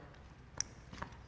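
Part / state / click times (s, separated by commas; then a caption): wire terminal pin into wiring harness connector housing / seated / 0.6 s. A crimped metal terminal pin is pushed into a cavity of a plastic harness connector and clicks into place at 0.6 s, giving one sharp hit followed by two faint ones. The pin is seated in the wiring harness connector housing.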